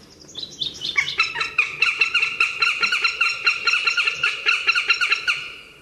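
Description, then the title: Northern Goshawk giving a rapid, harsh chattering series of repeated kek notes, steady for several seconds. "Vogel der Woche 2011 09 12 Habicht Berlin"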